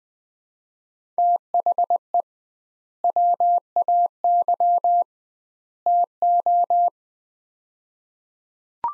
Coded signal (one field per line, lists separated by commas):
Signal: Morse code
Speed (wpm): 21 wpm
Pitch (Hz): 700 Hz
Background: none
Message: THE WAY TO